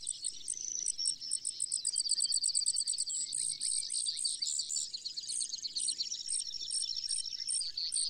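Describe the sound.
Brewer's sparrow song, a long run of high, dry trills that keep changing speed and pitch, chattering on without pause through the whole stretch.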